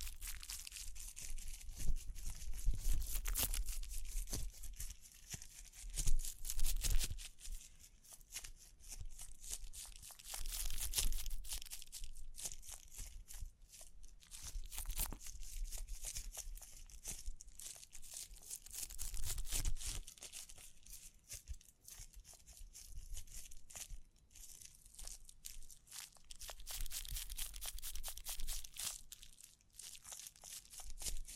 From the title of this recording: Tapping, Scratching, Brushing, Crinkles